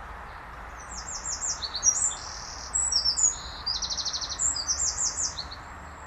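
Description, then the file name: Eurasian wren delivering a shrill, energetic song of quick trills and buzzy rattles that runs for several seconds, with steady rushing noise underneath. "Troglodytes troglodytes"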